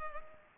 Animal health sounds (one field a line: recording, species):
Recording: mosquito wingbeat signal from an infrared sensor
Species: Culex pipiens